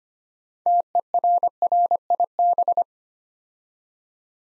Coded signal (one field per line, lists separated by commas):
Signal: Morse code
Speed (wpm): 26 wpm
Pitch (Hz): 700 Hz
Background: none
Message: TERRIB